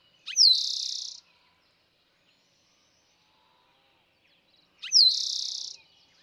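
Eastern towhee gives two songs, each a falling note leading into a rapid buzzy trill, separated by about four seconds of near quiet.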